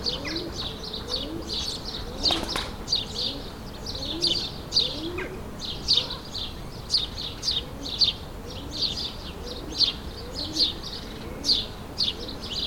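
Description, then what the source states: Sparrows chirping steadily, quick pairs and runs of bright chirps, with faint lower coo-like notes beneath. Suburban ambient recording, May 2022, several sparrows.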